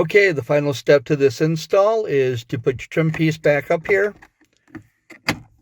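Someone talks as a plastic interior trim piece on a Jeep JK is pushed back up into place at the dash and passenger grab bar area, after a microphone holder has been mounted on the grab bar. Soft taps and rustles follow the speech, then a sharp, loud snap at 5.3 s ends the push as the trim piece seats.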